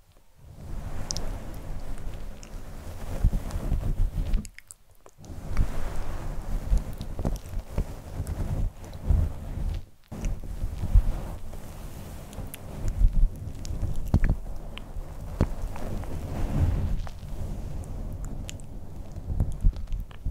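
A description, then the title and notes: Soft, muffled touching and scratching on a fluffy mic cover, a dense, low rustling with squishy, crunchy textures and frequent short plucks and scrapes. The sound stops briefly twice, just before 5 seconds and again at 10, then continues unevenly to the end. SoftGentle Fluffy Mic Touching, Scratching, Plucking.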